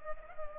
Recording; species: mosquito wingbeat signal from an infrared sensor; Culex pipiens